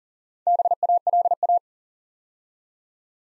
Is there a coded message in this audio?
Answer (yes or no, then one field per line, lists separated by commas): yes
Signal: Morse code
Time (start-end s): 0.5-1.6 s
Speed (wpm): 42 wpm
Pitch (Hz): 700 Hz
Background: none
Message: BALA